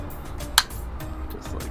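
A torque wrench tightens the next handlebar stem faceplate bolt holding a PNW Range Bar on a Co-op DRT 1.1 bike. It gives one sharp click at 0.6 s over a steady background. The click confirms the bolt has reached the wrench's torque setting.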